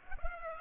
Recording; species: mosquito wingbeat signal from an infrared sensor; Culex pipiens